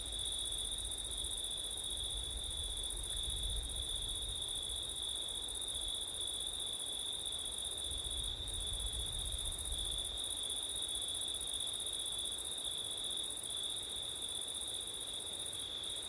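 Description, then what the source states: Cricket: steady shrill chorus of crickets, with soft low wind rumble swelling now and then beneath it. Crickets recorded on a September night with wind.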